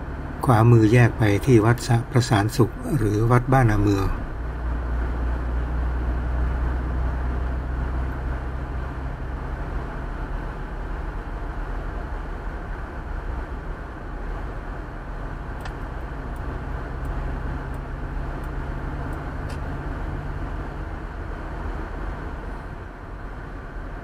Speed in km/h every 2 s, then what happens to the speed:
59, 58, 61, 61, 65, 66, 66, 66, 68, 70, 71, 70.
0-20 speeds up to 71.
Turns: none.